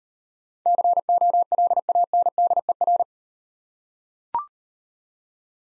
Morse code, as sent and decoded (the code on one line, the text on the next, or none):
-.-. --- .-.. .- -. -.. . .-.
COLANDER